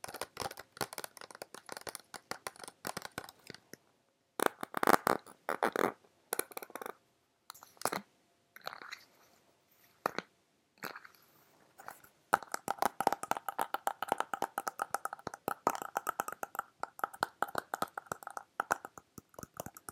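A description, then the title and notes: A plastic water bottle is handled, crinkling and crackling in dense bursts of sharp clicks. The handling pauses in silent gaps in the first half, then turns steadier and busier after about twelve seconds. Plastic water bottle.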